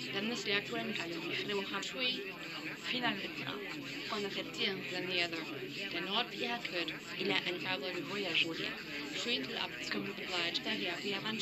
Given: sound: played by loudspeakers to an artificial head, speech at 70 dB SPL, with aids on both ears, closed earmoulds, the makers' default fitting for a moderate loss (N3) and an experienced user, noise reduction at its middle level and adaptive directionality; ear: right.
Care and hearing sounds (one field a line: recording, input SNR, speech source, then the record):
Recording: speech test signal (ISTS) in cocktail-party noise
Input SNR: 0 dB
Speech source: in front (0 degrees)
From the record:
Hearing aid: class 1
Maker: D